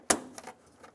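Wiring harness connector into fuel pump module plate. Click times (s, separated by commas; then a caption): 0.1 s. A wiring harness connector is pushed onto the fuel pump module plate of a 2003-2007 Infiniti G35 fuel pump until it locks, giving a sharp, bright click at 0.1 s, followed by two much fainter ticks around 0.4 s and 0.8 s. The connector is seated, and it is given a little pull back to check it.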